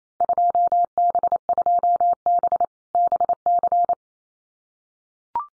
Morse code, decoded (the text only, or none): 2B2B BC